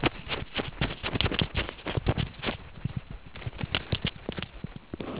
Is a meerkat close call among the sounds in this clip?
no